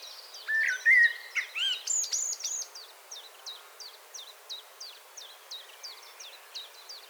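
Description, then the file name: Common blackbird giving a low, fluty warbled phrase ending in squeaky twitters, while rapid high chipping notes repeat steadily throughout from other birds. "Turdus merula"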